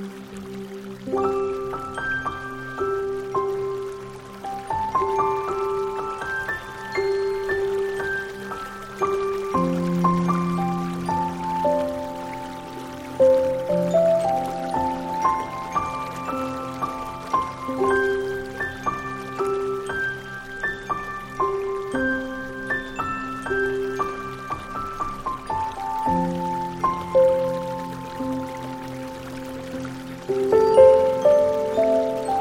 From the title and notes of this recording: We have a special Chinese inspired track, against the backdrop of a gentle stream.